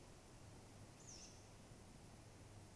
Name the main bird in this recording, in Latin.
Strix aluco